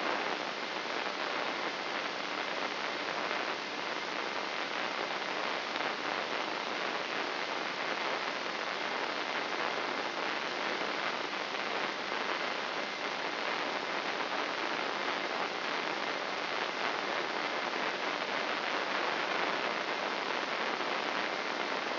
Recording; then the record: brain microelectrode recording played as sound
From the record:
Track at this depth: outside the subthalamic nucleus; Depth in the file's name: 2.337 mm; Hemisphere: left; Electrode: 3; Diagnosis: Parkinson's disease